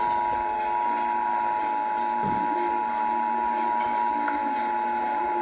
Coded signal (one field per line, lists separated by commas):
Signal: Emergency Alert System (SAME) tones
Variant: 853 and 960 Hz attention tone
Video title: EAS #270 Required Monthly Test